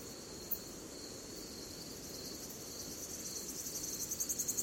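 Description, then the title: Cicada calling: a steady high buzzing band with pulses that grow louder and more distinct toward the end, over a soft constant night hiss. At night in a forest. "Звуки ночного леса. Звук цикад ночью в лесу"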